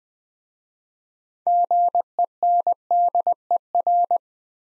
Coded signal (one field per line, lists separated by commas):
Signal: Morse code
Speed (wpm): 20 wpm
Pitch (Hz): 700 Hz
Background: none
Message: GENDER